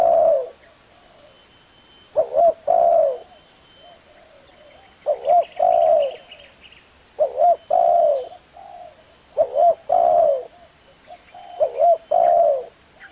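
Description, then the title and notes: Spotted Dove giving short phrases of coos repeated throughout, with faint chirps from another bird. Lure calls used to attract the birds. "Pikat Burung Tekukur. suara burung tekukur"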